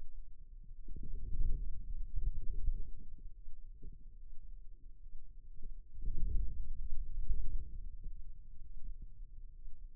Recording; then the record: forearm muscle sounds (acoustic myography)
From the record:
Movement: inward rotation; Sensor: system 2, bracelet of six BSWA MPA416 microphones around the upper forearm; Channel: 6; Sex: male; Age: 22 years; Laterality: right